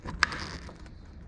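The toothed bracket on a kayak-style transducer mount arm is pushed into its locking holder on a Minn Kota PowerDrive trolling motor. Over low handling rustle, one sharp, loud click at 0.2 s marks the bracket seating in place.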